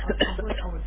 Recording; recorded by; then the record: voluntary cough; telephone call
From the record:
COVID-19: positive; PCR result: checked with the laboratory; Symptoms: no